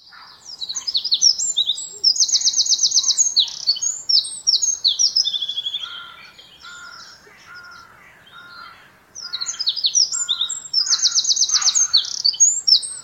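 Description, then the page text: Eurasian wren singing two loud, high-pitched bursts of rapid notes, each holding a fast, rattling trill, with softer lower warbled notes between the bursts. "Eurasian Wren Song Gjerdesmett Sang. knut the bird nerd"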